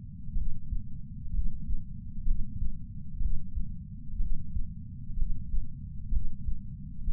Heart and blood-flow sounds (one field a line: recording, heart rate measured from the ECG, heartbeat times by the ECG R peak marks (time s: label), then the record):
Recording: heart sounds by patch sensor on the chest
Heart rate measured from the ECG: 63 bpm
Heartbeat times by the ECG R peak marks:
0.34 s: heartbeat
1.32 s: heartbeat
2.24 s: heartbeat
3.18 s: heartbeat
4.18 s: heartbeat
5.15 s: heartbeat
6.10 s: heartbeat
7.06 s: heartbeat
From the record:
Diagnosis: coronary artery disease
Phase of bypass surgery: preoperative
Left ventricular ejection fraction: 47%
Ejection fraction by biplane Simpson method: 47.3%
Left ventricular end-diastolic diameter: 51 mm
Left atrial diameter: 32 mm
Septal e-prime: 4.7 cm/s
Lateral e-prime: 7 cm/s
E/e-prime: 9.1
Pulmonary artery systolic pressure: 21 mmHg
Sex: male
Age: 60 years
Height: 174 cm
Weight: 72 kg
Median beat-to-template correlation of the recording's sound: 0.91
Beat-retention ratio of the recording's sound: 0.98